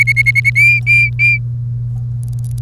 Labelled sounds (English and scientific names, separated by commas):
Domestic Canary (Serinus canaria) song